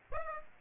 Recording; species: mosquito wingbeat signal from an infrared sensor; Aedes aegypti